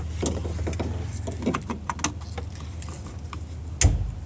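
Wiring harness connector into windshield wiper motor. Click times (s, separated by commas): 3.8 s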